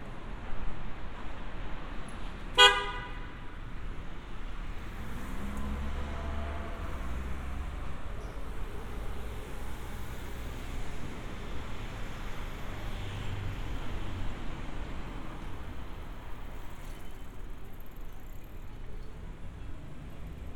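Walking through Funabashi, Chiba, a steady low rumble of traffic fills the street, with a short bright horn toot near three seconds.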